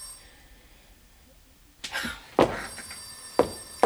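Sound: telephone ringing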